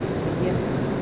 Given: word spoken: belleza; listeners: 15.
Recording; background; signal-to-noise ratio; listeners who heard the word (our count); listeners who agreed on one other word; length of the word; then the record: one Spanish word in noise, from a listening test; speech-shaped noise; -6.1 dB; 0 of 15; 7 of 15; 0.62 s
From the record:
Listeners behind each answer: 7, 2, 1, 1, 1, 1, 1, 1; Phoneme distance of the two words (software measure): 48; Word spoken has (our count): 3 syllables, 6 phonemes, stress on syllable 2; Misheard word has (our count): 3 syllables, 8 phonemes, stress on syllable 2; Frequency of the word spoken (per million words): 55.51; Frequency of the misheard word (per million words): 41.06